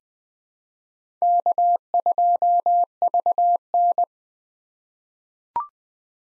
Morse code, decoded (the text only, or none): K2VN